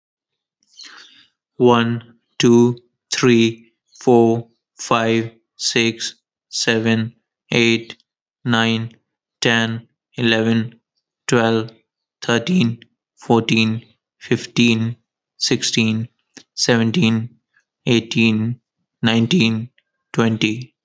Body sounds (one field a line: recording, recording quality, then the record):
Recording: counting at a normal pace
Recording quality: moderate, slight background noise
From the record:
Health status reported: healthy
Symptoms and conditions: none ticked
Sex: male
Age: 33 years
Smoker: not ticked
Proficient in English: yes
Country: India